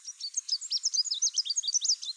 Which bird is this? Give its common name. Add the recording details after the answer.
Chestnut-capped Warbler. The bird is a male. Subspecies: delattrii. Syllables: 18. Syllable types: 17. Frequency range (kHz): 2.9-7.8 kHz. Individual CR-YSN-M